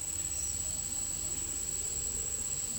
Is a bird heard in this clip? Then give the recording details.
no. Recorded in pastures near Puerto Asís, Putumayo, Colombia, on 12 March 2025 at 16:00. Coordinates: 0.497, -76.327. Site G072